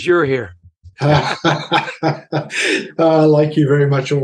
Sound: laughter